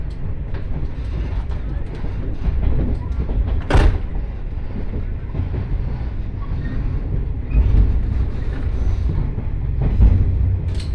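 A two-car diesel railcar runs along at an easy pace, its low rumble and rattling of wheels steady throughout. Sharp clanks stand out near four seconds and again around ten, with a heavier surge of rumbling from about seven and a half seconds on.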